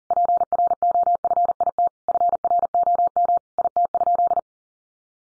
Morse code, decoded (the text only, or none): PROFIT FROM IT?